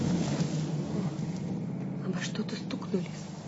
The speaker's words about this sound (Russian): Тони, отведите машину подальше от шоссе. Помедленнее, Тони. Осторожно.